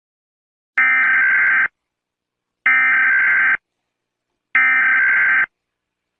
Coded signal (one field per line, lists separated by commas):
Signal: Emergency Alert System (SAME) tones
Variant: header bursts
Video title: Eas scenario: early earthquake warning. FAKE.In ￼ dedication of the 1989 San Francisco earthquake.￼￼